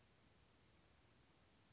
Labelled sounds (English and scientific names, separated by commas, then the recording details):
Western Flycatcher (Empidonax difficilis)
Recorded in Sonoma County, California